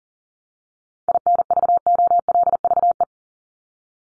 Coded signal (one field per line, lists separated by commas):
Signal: Morse code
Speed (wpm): 40 wpm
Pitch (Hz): 700 Hz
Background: none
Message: INVOLVE